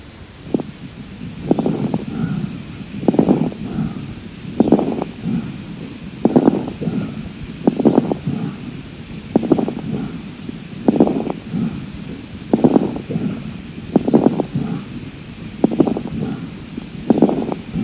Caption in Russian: На фоне бронхиального дыхания, вы услышите крепитацию. Крепитация возникает в альвеолах, стенки которых, в силу определенных причин, оказываются смоченными вязким секретом на высоте вдоха, когда происходит расправление пораженных альвеол, возникает особый звук, напоминающий нежный треск. Крепитация, в отличие от хрипов, не изменяется после покашливания.